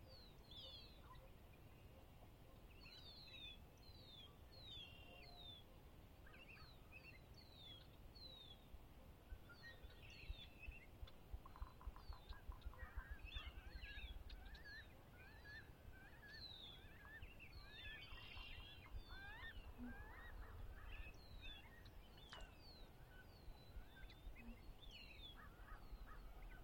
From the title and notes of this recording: Conner's Lake, chilly Spring dawn. Sinlahekin Wildlife Area. The temperature was chilly, barely above freezing, but the birds were abundant.